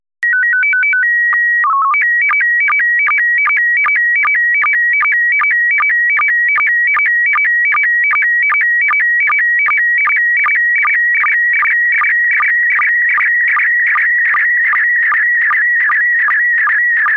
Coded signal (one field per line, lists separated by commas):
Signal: SSTV (slow-scan television)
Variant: PD 50